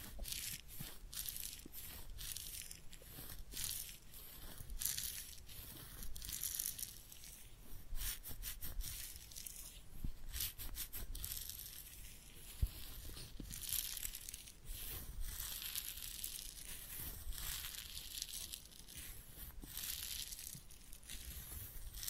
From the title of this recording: Real Head Massage and Ear Cleaning